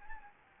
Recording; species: mosquito wingbeat signal from an infrared sensor; Anopheles gambiae